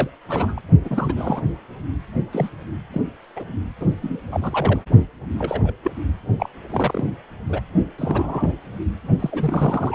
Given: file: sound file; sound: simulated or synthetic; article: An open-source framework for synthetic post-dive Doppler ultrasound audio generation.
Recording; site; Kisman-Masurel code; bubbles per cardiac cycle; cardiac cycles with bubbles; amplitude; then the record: Doppler ultrasound audio after a dive; precordial; 242; several, 3–8; 100%; moderate amplitude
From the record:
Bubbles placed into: partial cardiac cycles